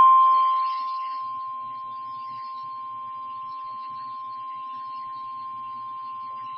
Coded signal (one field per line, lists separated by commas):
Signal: Emergency Alert System (SAME) tones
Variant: 1050 Hz attention tone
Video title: EAS Shelter In Place Warning Evacuation Immediate and Fire Warning Alerts for Historic TX Wildfires